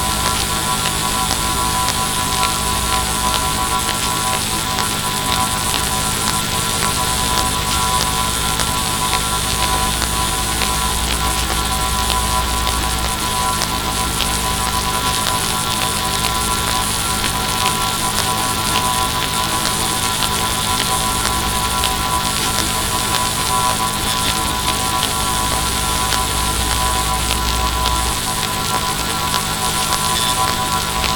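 Power grid disturbance from a solar storm: a steady electrical hum with many fixed tones stacked through the middle range, under a dense hiss of static. A low rumble swells and drops at intervals, strongest between about ten and eighteen seconds and again later.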